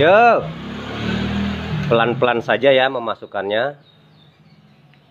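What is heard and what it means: A metal piston pin retaining clip is eased by hand into its groove in the piston of a Vario 110 FI ESP LED scooter engine. Someone talks over a low background hum, and the sound drops to near-silence after about 3.8 s with a faint tick near 4.9 s. Nothing has seated or clicked yet.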